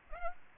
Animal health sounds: mosquito wingbeat signal from an infrared sensor; Aedes aegypti

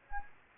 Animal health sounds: mosquito wingbeat signal from an infrared sensor; Anopheles gambiae

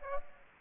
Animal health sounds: mosquito wingbeat signal from an infrared sensor; Aedes aegypti

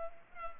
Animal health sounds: mosquito wingbeat signal from an infrared sensor; Culex pipiens

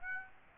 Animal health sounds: mosquito wingbeat signal from an infrared sensor; Aedes aegypti

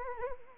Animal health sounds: mosquito wingbeat signal from an infrared sensor; Anopheles arabiensis

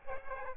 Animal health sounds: mosquito wingbeat signal from an infrared sensor; Aedes aegypti

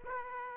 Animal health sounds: mosquito wingbeat signal from an infrared sensor; Aedes aegypti

